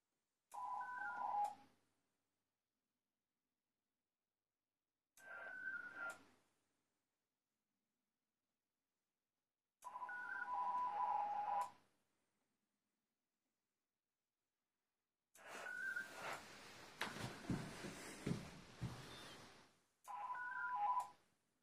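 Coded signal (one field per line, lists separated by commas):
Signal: HF data modem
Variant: ARDOP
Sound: about five short warbling tone bursts every five seconds, one longer harsher burst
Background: radio static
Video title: Piin likiarvon lähetys Ardop Winlink -protokollalla OH2RBB linkkiaseman kautta lokaatiosta KP10WR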